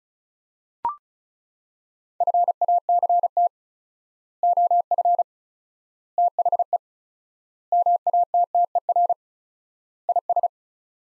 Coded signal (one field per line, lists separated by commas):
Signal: Morse code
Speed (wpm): 34 wpm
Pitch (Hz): 700 Hz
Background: none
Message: FACT OF THE MATTER IS